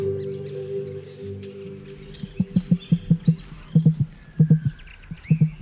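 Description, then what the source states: Emu call: a series of deep, low drumming thumps in short irregular runs. Emu, called dinawan in Gamilaroi, heard in the bush on Gamilaroi Country, inland New South Wales; said to sound like a rock thrown onto dirt or grass.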